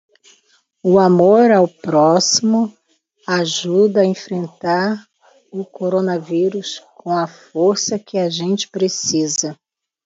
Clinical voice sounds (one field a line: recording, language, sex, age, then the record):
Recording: spoken sentence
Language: Brazilian Portuguese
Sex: female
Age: 60 to 69 years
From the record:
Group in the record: control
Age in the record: 63 years